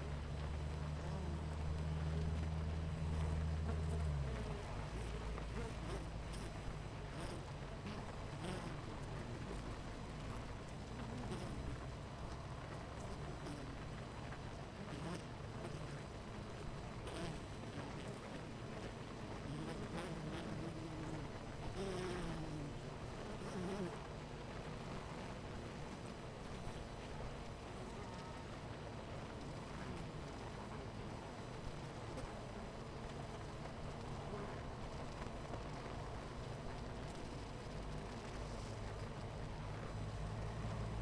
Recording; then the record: honeybee colony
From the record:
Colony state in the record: missing queen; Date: 14 July 2017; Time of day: 9:19